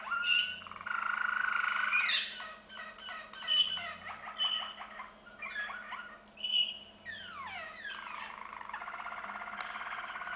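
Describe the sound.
Canary song built from bright whistles, quick stuttering notes and falling slurs, ending in a steady rapid trill.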